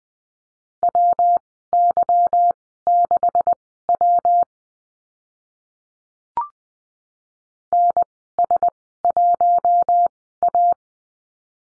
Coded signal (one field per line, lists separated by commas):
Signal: Morse code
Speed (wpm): 20 wpm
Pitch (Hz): 700 Hz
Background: none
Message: WY6W NS1A